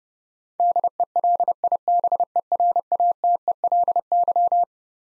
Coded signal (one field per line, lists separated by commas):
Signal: Morse code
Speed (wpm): 32 wpm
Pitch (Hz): 700 Hz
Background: none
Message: DELIBERATELY